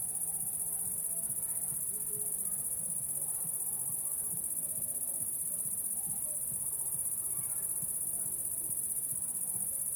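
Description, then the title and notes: Cricket song, a continuous shrill high trill, over soft low pulsing sounds repeated irregularly in the background. Crickets at La Sablière, Saint-Privat-de-Champclos, France; recorded with a Zoom H6 and an M/S microphone. "30430 Saint-Privat-de-Champclos, France - cricket la sabliére. cricket la sabliére Captation : ZOOMH6 + M/S Microphone"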